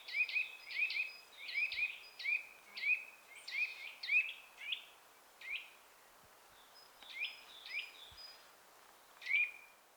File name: Sitta europaea